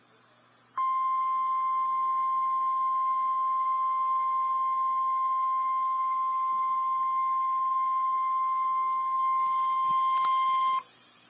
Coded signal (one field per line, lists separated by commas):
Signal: Emergency Alert System (SAME) tones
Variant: 1050 Hz attention tone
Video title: REAL EAS 341-Severe thunderstorm warning